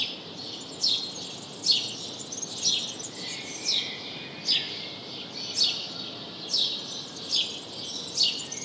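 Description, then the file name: House sparrow chirps repeated steadily, each note short and bright, set against a steady hiss. "Passer domesticus"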